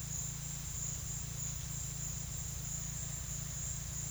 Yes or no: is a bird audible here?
no